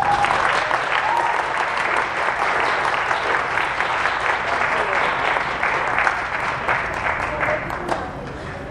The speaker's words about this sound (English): Let's give another round of applause to our Upstander Award recipients.